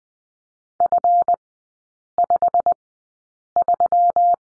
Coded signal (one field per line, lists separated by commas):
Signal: Morse code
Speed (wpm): 20 wpm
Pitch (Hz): 700 Hz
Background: none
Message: F53